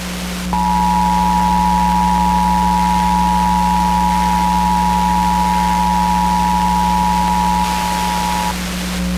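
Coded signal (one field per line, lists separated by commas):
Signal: Emergency Alert System (SAME) tones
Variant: 853 and 960 Hz attention tone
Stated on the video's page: Pennsylvania Required Monthly Test received from multiple broadcast stations, some weak, some distant via tropospheric propagation.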